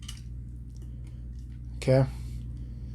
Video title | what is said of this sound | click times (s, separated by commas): Unboxing: Matchbox 2021 Real Working Rigs Batch 4 | Get that guy snapped back in there. | 0.1 s